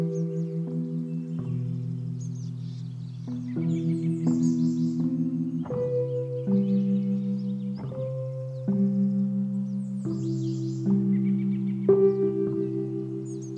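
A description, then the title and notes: At the Cave and Basin marsh trail, steady low ringing tones hold and shift to new pitches every second or two, like slowly changing chords. Faint high bird chirps flicker above them near 4, 7 and 10 seconds. Banff National Park, Canada on The Banff Cave and Basin Marsh Trail.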